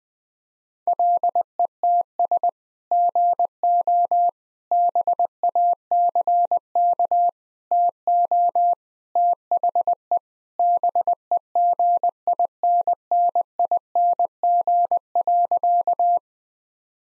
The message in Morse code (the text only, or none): LETS GO BACK TO THE BEGINNING.